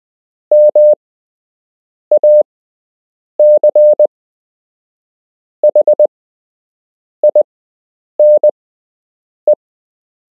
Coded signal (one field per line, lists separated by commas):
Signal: Morse code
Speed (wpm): 20 wpm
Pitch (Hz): 600 Hz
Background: none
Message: MACHINE